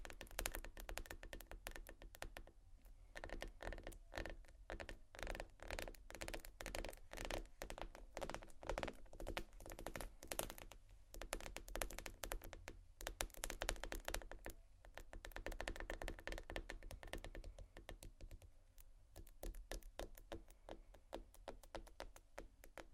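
Rapid tapping and scratching on glass and bamboo runs almost without a break, the sharp clicks coming in dense, uneven bursts like fast typing. Brief lulls fall near 3, 9, 15 and 19 seconds. A low steady hum sits underneath throughout.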